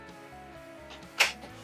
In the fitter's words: and that locks into place you've got a great entertainment area